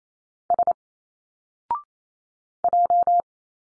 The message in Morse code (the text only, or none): S J